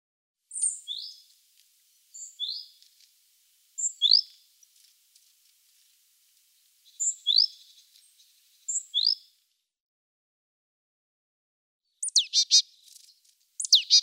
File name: Great Tit